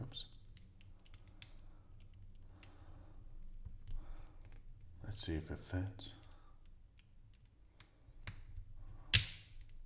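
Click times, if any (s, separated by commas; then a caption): 9.2 s. Someone talks while fitting a transparent plastic window glass into a brown LEGO window frame, with soft handling clicks and taps along the way. After an earlier slip, the glass is tried again and snaps into the frame with a loud, sharp click at 9.2 s. It is seated and fits.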